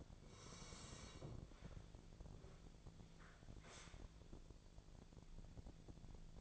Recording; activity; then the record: daily activity, microphone in the room; sit down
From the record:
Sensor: 5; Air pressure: 1000.5 hPa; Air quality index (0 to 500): 148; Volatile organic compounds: 2 ppm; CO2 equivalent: 1142 ppm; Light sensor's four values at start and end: 49/114/47/50 and 49/114/48/50